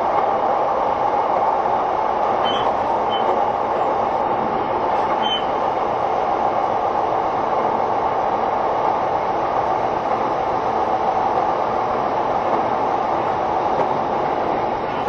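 A train runs steadily along the line, its rolling roar constant and dense from start to finish with a strong mid-range hum. Brief high squeals cut in around 2.5, 3 and 5 seconds, likely wheels or brakes on the rails.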